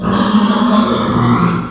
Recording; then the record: squeal of a Yucatan mini pig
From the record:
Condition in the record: after surgery on the right vocal fold (resection and tissue-engineered implant); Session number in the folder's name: 16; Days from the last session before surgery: 183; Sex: female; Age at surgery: 19 weeks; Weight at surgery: 25 kg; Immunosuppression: prednisolone